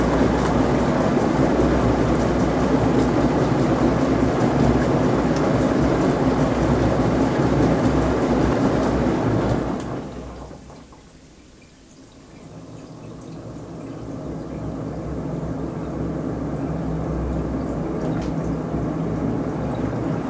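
A washing machine turns its laundry with a steady, dense rumbling and gurgling for the first ten seconds. Around ten seconds the sound drops away sharply, nearly quiet by twelve seconds, then a softer low churning slowly builds back up to the end.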